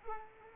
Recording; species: mosquito wingbeat signal from an infrared sensor; Culex quinquefasciatus